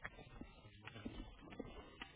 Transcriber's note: jogger goes past